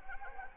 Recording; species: mosquito wingbeat signal from an infrared sensor; Anopheles arabiensis